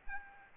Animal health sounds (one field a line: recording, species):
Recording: mosquito wingbeat signal from an infrared sensor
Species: Aedes aegypti